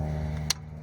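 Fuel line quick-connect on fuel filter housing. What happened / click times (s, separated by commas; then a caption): The fuel line quick-connect clip clicked open / 0.5 s. A plastic fuel line quick-connect on the metal fitting of the fuel filter housing of a Ford F250 6.7 is released by pushing down on its two small red release pieces. A sharp click sounds at 0.5 s over a steady low hum, and the clip clicks open so the line can pull off.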